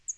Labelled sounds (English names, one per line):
Northern Parula flight call